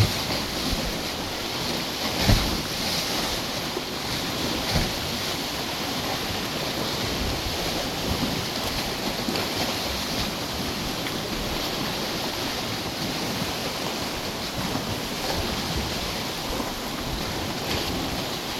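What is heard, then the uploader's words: Rough waves pound against rocks in a dense, continuous roar with no quiet gaps. A few sharper crashes stand out near the start, around two and five seconds, over a steady churning wash. Wind buffets the microphone throughout, adding low rumble. Listening from the Sea Lion Lookout over Lake Superior. A binaural recording at the Sea Lion lookout in Sleeping Giant Provincial Park. This lookout is atop a cliff high above and on the edge of Lake Superior. The lookout is formed by aggressive waves hitting the rocks, which you can hear in this recording.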